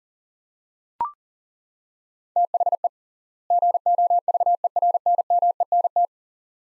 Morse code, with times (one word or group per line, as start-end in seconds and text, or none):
2.4-2.9 THE
3.5-6.0 GOVERNMENT